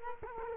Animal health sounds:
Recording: mosquito wingbeat signal from an infrared sensor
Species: Culex quinquefasciatus

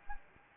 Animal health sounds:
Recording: mosquito wingbeat signal from an infrared sensor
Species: Anopheles gambiae

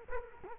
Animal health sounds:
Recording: mosquito wingbeat signal from an infrared sensor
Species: Culex quinquefasciatus

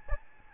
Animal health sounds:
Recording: mosquito wingbeat signal from an infrared sensor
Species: Aedes albopictus

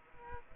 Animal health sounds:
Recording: mosquito wingbeat signal from an infrared sensor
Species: Aedes aegypti

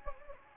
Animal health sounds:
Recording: mosquito wingbeat signal from an infrared sensor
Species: Anopheles gambiae

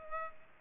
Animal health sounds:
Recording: mosquito wingbeat signal from an infrared sensor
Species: Culex pipiens

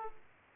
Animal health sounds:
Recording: mosquito wingbeat signal from an infrared sensor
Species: Aedes aegypti

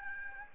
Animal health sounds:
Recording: mosquito wingbeat signal from an infrared sensor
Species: Aedes albopictus

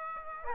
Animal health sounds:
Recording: mosquito wingbeat signal from an infrared sensor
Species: Aedes aegypti

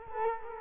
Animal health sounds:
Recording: mosquito wingbeat signal from an infrared sensor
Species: Culex quinquefasciatus

